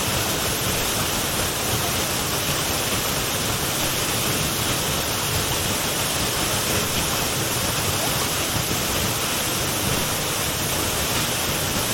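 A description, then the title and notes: A water stream pours over rocks in a dense, unbroken rush, steady for the whole twelve seconds. The sound is bright and hissing with a soft low rumble underneath, and there are no distinct splashes or other sounds breaking through. Calming Water Stream and Serene Waterfall. Calming water stream and rock.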